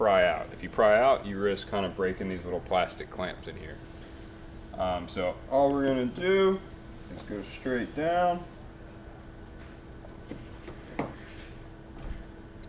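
A pry bar is pushed straight down behind the plastic fender camera housing on a 2017–2023 Model 3/Y fender panel, rather than prying outward, to avoid breaking the little plastic clamps. Someone talks throughout, then a sharp snap at 11.0 s marks the housing's plastic clamp releasing, leaving the fender camera clip snapped loose.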